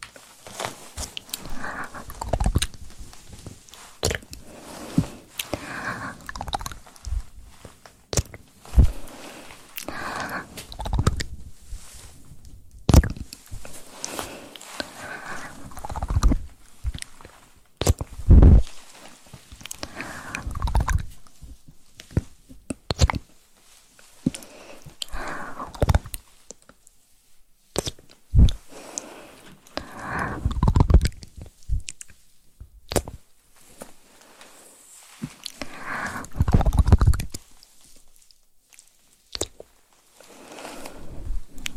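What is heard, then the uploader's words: ASMR mouth sounds with wet chewing-like clicks and crunches, irregular bursts and low thumps from mic pumping and gripping, pausing between clusters. ASMR mouth sounds + mic pumping, swirling, tapping, and gripping.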